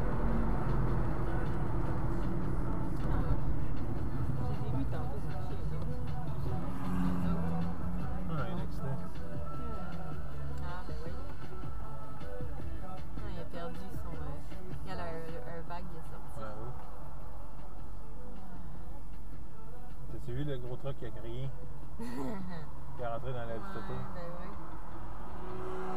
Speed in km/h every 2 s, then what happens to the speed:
46, 37, 27, 10, 0, 0, 0, 0, 0, 0, 0, 0, 0.
0-8 brakes to 0. 8-26 standing.